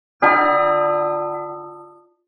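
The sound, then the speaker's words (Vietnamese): A single bell strike rings out with a sharp onset and rich harmonic overtones, sustaining and slowly fading over about two seconds with no other sounds. “Sóng âm tiếng chuông vang vang khoan thai, trong thiên địa các thanh âm khác đều biến mất, hoàn toàn tĩnh lặng.”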